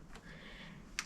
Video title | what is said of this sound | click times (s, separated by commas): Let's go monter Pikachu !!⚡ | Et voilà, c'est clipsé. | 1.0 s